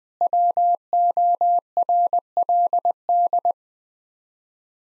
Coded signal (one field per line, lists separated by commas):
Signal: Morse code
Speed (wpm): 20 wpm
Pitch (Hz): 700 Hz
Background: none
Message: WORLD